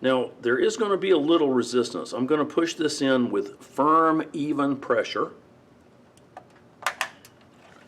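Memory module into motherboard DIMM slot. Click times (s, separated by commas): 6.9 s, 7.0 s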